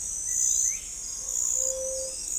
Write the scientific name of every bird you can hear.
Colinus cristatus, Leptotila verreauxi